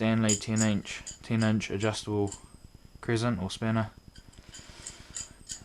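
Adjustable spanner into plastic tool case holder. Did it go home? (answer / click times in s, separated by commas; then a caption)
yes / 4.9 s, 5.2 s, 5.5 s. Someone talks, then a Stanley 10-inch adjustable spanner from a Stanley 156-piece tool kit is pressed into its moulded plastic slot in the tool case. Sharp clicks are heard at 4.9, 5.2 and 5.5 seconds as it seats firmly, holding in place so it won't fall out.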